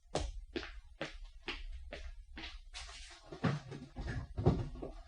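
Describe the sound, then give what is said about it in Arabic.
Sharp knocking on a door, six or seven firm raps in a quick, steady rhythm, then giving way to a looser jumble of thuds and clattering noise. “انتظر، تأكد من أنها هي قبل أن تفتح الباب، فعندي رسالة لأخي إذا كان هو الطارق.”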